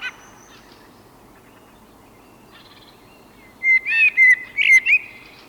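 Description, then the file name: Eurasian blackbird delivering one warbling, fluty phrase after a few seconds of near silence with faint high chirps. "koltrast"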